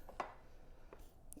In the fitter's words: and then locks into place